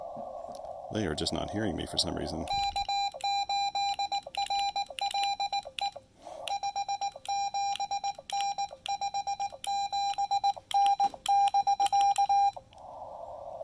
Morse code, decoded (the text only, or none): K8RLE 57N 57N <BK>